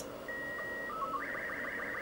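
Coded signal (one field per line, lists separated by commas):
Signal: SSTV (slow-scan television)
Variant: Robot 36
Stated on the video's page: SSTV from a Yaesu FT-991A.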